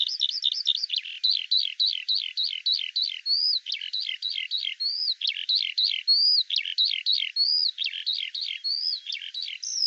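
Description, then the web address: Eurasian skylark song: rapid, high-pitched chirping phrases repeated in quick succession, interspersed with short rising slurred whistles. "Deverinetal 2025 File cleaned normalized Bird Al Ar"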